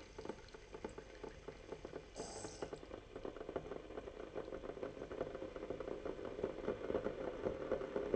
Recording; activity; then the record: daily activity, microphone in the room; make coffee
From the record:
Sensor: 4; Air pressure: 1008.2 hPa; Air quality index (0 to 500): 119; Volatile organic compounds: 1 ppm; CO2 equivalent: 872 ppm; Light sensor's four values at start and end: 11/23/10/10 and 10/23/9/9